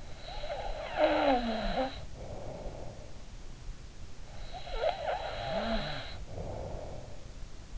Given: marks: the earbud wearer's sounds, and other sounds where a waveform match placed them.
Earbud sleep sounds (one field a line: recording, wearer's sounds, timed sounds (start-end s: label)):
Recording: sounds in sleep by an in-ear microphone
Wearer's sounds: snoring breath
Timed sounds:
0.00-3.02 s: snoring breath
4.29-7.44 s: snoring breath